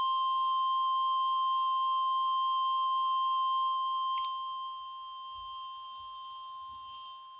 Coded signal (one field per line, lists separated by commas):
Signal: Emergency Alert System (SAME) tones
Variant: 1050 Hz attention tone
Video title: EAS 58 and 59 SVR and TOR in Florida